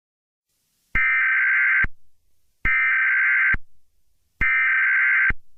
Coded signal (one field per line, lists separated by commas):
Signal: Emergency Alert System (SAME) tones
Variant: header bursts